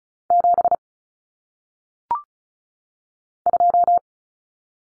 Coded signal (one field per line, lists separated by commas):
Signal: Morse code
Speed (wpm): 36 wpm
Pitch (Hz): 700 Hz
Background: none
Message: 7 2